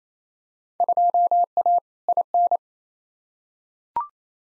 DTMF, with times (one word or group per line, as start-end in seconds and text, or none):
none